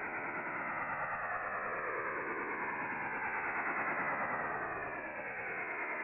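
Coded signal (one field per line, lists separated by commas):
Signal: HF data modem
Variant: STANAG 4285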